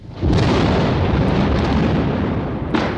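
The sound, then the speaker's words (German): A loud rolling thunderclap bursts in abruptly and keeps rumbling deep and steady for seconds, with a sharper crack flaring near the end. No voices are heard. “während der Donner auf seiner Heerpauke fürchterlich wirbelt”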